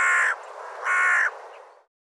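Bird uttering two coarse, rasping caws in quick succession, then fading.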